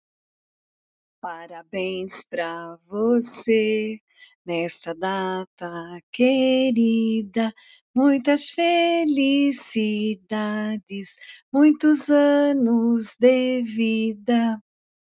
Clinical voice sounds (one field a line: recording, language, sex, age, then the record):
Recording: short text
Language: Brazilian Portuguese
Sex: female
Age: 60 to 69 years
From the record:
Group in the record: control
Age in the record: 62 years